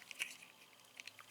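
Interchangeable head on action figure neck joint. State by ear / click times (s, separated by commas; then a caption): not seated / none. A swap head with a smirking face is handled against the plastic neck peg of an S.H. Figuarts Second Form Frieza action figure, with small plastic ticks and scrapes around 0.1 s, 0.2 s, 1.0 s and 1.1 s. Nothing has seated or clicked yet; the head is not yet home on the neck joint.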